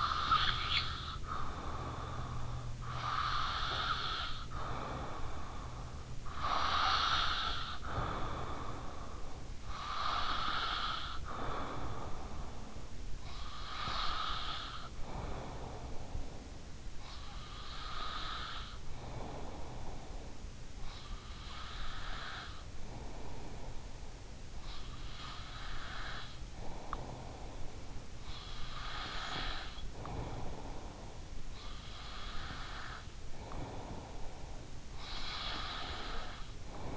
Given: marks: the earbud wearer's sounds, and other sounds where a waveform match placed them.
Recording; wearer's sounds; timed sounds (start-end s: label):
sounds in sleep by an in-ear microphone; snoring breath, breath
0.00-2.90 s: snoring breath
2.90-36.97 s: breath